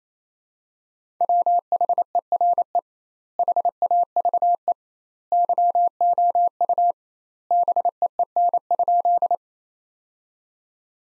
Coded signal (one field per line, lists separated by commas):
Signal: Morse code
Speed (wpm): 28 wpm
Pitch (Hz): 700 Hz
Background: none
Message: WHERE HAVE YOU BEEN?